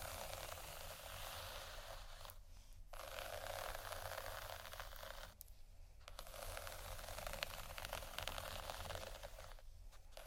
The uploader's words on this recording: ASMR Sleep Session Soft, Tapping, Cardboard, Massage, Scratching, Silicone, Etc. (No Talking).